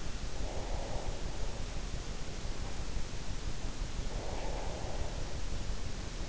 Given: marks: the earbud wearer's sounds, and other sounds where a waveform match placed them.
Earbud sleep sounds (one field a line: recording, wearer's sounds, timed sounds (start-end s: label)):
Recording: sounds in sleep by an in-ear microphone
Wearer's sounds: breath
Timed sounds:
0.00-1.58 s: breath
3.49-5.69 s: breath